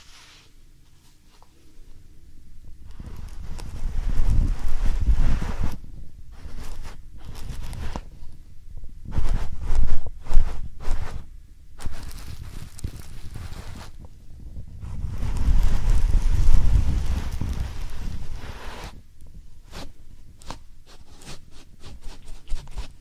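Soft powdered ear massage with muffled, rubbing strokes that swell and fade in slow waves, loudest around five, ten and sixteen seconds. Deep, dull brushing dominates, broken by brief crisp scratchy flicks and short near-silent pauses between passes.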